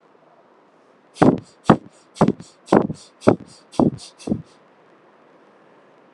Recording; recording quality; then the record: shallow breathing; excellent, no background noise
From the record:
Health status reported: healthy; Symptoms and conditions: none ticked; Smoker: not ticked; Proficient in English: yes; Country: India